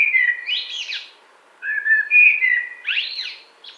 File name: CHyornyj drozd - Turdus merula